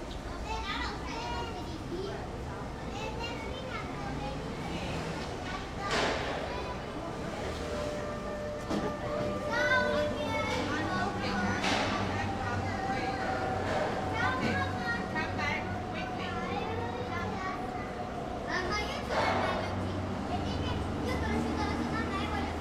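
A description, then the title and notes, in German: Busy train station life: many overlapping voices and children's chatter over a steady low rumble of rail traffic. A few sharp clatters stand out around 6, 12 and 19 seconds, and brief thin squealing tones drift through the middle of the recording. Bahnhofleben. Flüchtige Gespräche von Passanten, fremdländische Sprachen, spielende Kinder.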